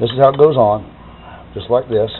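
A throttle cable socket end is handled at the throttle body linkage ball stud on an '06 Escape while someone talks over faint background noise. The clip ends before the cable end goes home, so nothing has snapped onto the ball stud or clicked yet.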